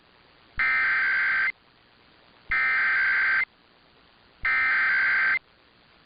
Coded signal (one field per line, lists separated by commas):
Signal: Emergency Alert System (SAME) tones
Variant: header bursts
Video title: [EAS #1976-1982] The Testing Mayhem Continues (12/14/22 - 12/15/22)